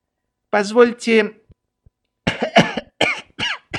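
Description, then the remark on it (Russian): A voice imitates a cadet's deliberate, pointed cough: two short, throaty voiced bursts like a meaningful "ahem," followed by a brief pause and then a person talking. “Дотошный кадет Биглер многозначительно кашлянул.”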